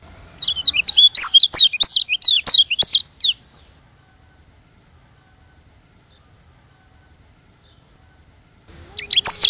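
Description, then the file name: White-eye song: a three-second burst of rapid, high, tinkling twitters, then a long silence before a second burst begins at the end. Lombok. "audio burung kecial lombok"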